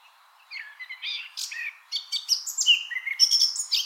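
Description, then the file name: Eurasian blackcap singing a hurried mix of scratchy and clear fluted notes, growing louder toward the end. "Sylvia atricapilla"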